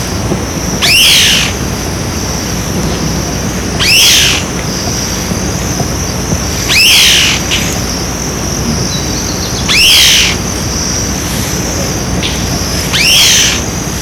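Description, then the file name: Large-tailed antshrike giving loud sweeping high notes about every three seconds, against a steady high hum. Recorded in Itatiaia National Park, Rio de Janeiro, Brazil, on 22 April 1994. "Mackenziana-leachi-PNItat-RJ-22-4-94-ASilveira"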